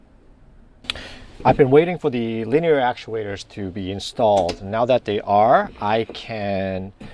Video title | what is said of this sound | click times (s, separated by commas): Finally, Our Van's DIY Elevator Bed (Frame) Is Done! | Yeah, this locks in place like this. | 0.9 s